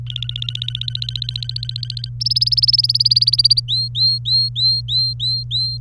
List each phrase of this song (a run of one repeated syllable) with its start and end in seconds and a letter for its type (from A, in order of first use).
0.06-2.09 A, 2.20-3.60 B, 3.68-5.81 C